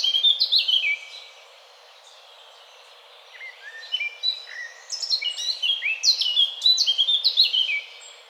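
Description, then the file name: Eurasian blackcap song: a brief burst of warbling, then a quiet gap of about two seconds, followed by a longer, louder run of fluty, tumbling notes. "Sylvia atricapilla"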